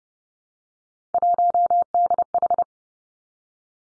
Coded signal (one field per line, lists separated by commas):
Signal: Morse code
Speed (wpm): 30 wpm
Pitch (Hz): 700 Hz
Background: none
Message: 1DH